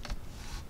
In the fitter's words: I have had issues with the Aegis doors in the past, but this one, if I just pop it down, it just clicks into place.